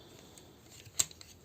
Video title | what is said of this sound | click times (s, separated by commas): Ocular Max Medicus Review | slides you want to slide it all the way up till it clicks and then you want to fold it in like so | 1.0 s